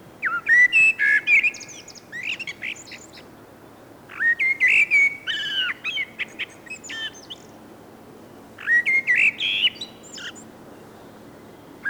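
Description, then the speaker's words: Common Blackbird song: three rich, fluty warbled phrases about four seconds apart, each trailing off into squeaky high-pitched twittering. Flute-like, melancholy song; phrases longer than the mistle thrush's and without the song thrush's repetitions. "Kuunnellaanpa vielä mustarastaan huilu ääntä."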